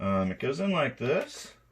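Someone talks while handling an original Sony NP-33 rechargeable battery pack, charged in its cradle, at the battery mount of a Sony Handycam Video 8 CCD-TR96 8mm camcorder, ready to push it in. The clip ends before the battery goes home, so nothing has seated or clicked yet.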